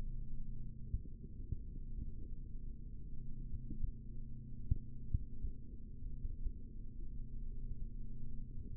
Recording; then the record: forearm muscle sounds (acoustic myography)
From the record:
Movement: rest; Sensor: system 3, bracelet of six PUI Audio POM-2738L microphones around the upper forearm, with dedicated amplification and filtering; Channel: 6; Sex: male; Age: 25 years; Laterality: right